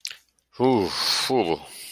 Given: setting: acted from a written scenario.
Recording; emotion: vocal sound without words; shame